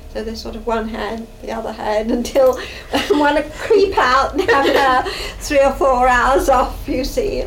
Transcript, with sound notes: So there was sort of one hand, the other hand until, one'd creep out-- [laughs] After three or four hours off, you see.